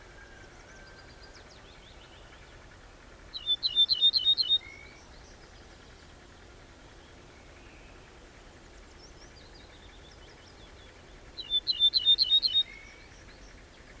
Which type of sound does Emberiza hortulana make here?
song